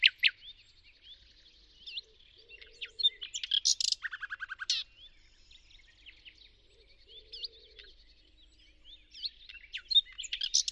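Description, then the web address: Bird song of high whistles and chirps, with a lower buzzy trill and fast clicking chatter partway through, and rising squeaks near the end. "Deverinetal 2025. Bird Only"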